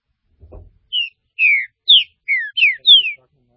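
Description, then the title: Green-winged saltator song: a quick phrase of six loud, clear whistles in close succession, each slurring downward, after a soft low thump. "Trinca Ferro"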